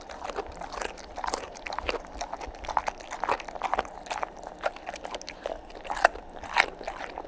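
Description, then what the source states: Dog chomping, with crisp crunches repeating irregularly at almost two per second, two sharp loud bites near the end. Dog eating and chomping.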